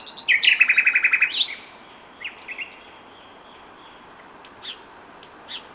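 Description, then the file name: Common nightingale song opens with a loud, rapid rattle of repeated notes, then fades into sparse, soft chirps. "Luscinia megarhynchos"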